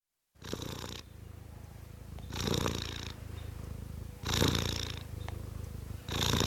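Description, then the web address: Domestic cat purr, steady low vibrating rumble swelling into louder breathy pulses about every two seconds. Tom cat purring. "BBC Cats Purring"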